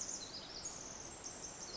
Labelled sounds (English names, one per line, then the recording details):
Pacific Wren
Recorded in Sonoma County, California